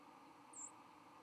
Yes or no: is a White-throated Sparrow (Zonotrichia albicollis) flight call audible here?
no